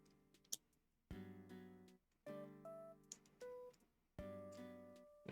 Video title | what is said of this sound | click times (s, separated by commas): Creative Stream - Blokees Hatsune Miku, Art Prints and LEGO Animal Crossing - Mar 17th Stream | Like it feels like it's on top of it, but it's not clicking. There we go. | 0.5 s